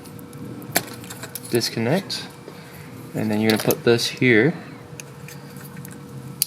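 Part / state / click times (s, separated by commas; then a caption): traction control harness connector into vehicle wiring connector / seated / 6.4 s. Someone talks while the plug-in harness connector of an ESP traction control system is handled and pushed into the factory wiring connector of an MK5 Supra, with light rattles and small ticks along the way. A sharp, loud click at 6.4 s marks the connector latching and seating in place.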